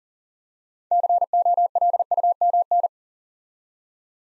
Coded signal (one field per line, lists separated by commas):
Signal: Morse code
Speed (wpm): 42 wpm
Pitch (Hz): 700 Hz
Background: none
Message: COLUMN